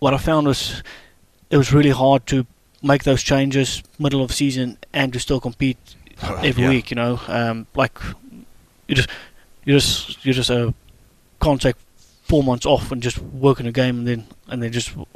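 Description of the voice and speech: An adult man, a professional golfer who stutters openly, speaks in short bursts broken by frequent silent pauses. He repeats "you just" three times with stretched sounds and brief stalls before words, a pattern of stuttering with repetitions and blocks.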